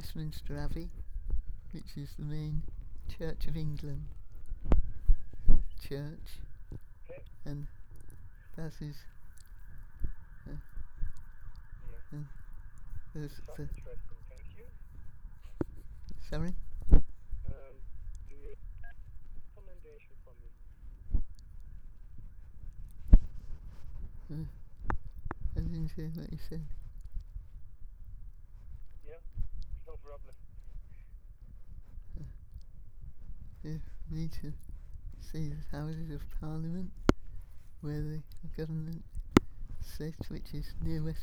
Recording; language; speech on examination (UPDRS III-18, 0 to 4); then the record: conversation on a phone call; English; 2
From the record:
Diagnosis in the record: Parkinson's disease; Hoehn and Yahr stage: 3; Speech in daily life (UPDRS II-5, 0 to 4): 2